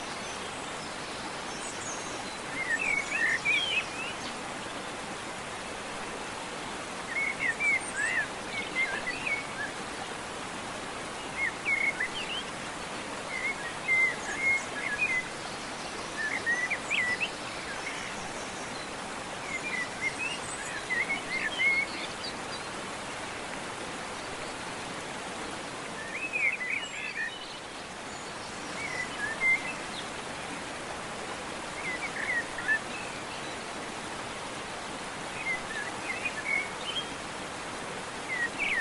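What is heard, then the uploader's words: Birds chirp in short bright bursts over a steady, dense hiss of rain that fills the whole clip. The calls come in clusters every few seconds, some sharper, with a brief lull around the middle before they resume. Birds Chirping and Singing in Rain.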